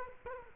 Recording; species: mosquito wingbeat signal from an infrared sensor; Culex quinquefasciatus